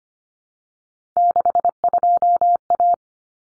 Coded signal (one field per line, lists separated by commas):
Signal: Morse code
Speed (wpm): 25 wpm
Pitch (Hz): 700 Hz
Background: none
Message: 62A